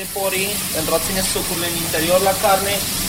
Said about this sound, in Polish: wrzuca następnie mięso na rozgrzaną patelnię z odrobiną oleju. Teraz trzeba maksymalnie zwiększyć ogień, aby baranina nie wyschła i aby była soczysta.